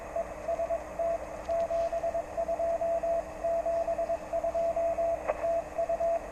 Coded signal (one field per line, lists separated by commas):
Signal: Morse code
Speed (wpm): 22 wpm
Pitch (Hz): 670 Hz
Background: radio noise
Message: EST 7272 TU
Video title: Enjoy the QRP. Morse code